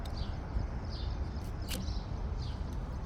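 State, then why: Not seated. A new wiper blade adapter on an Audi A4 (B8 or B9) is positioned and lined up on the windscreen wiper arm before being pushed home. Low rumbling handling noise fills the clip with brief faint higher-pitched scrapes. Nothing has clicked or seated yet.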